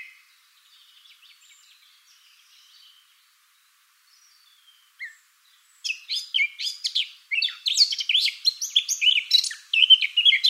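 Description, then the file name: Eurasian blackcap song, with quiet faint notes and a single short chirp before a loud, rapid, jumbled warble of high varied notes fills the last five seconds. "Sylvia atricapilla"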